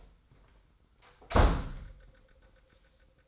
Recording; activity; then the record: daily activity, microphone in the room; close door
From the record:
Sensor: 3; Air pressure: 990.4 hPa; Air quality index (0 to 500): 169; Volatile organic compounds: 1000 ppm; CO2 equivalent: 5447 ppm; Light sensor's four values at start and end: 47/110/45/42 and 47/110/45/43